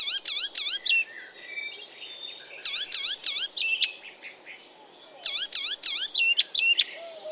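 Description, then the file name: Icterine warbler song: bursts of about four loud, squeaky notes repeated every two to three seconds, with quieter chattering between them. "Ruud van Beusekom - Zelenaya peresmeshka Hippolais icterina"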